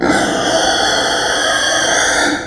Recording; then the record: squeal of a Yucatan mini pig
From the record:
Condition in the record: before surgery on the right vocal fold (resection and tissue-engineered implant); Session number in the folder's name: 3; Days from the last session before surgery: 0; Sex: female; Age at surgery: 19 weeks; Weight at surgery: 25 kg